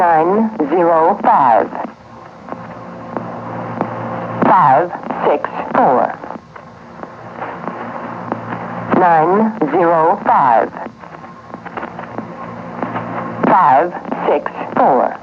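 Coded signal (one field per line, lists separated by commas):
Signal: numbers station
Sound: a voice reading number groups, 905 564 repeated twice, with pauses between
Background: radio hum and static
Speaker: Is this a spy station? Many listeners think so. But so far, no one has answered the question for sure, at least publicly. These so-called numbers stations are found on many frequencies, broadcasting their cryptic messages in several languages.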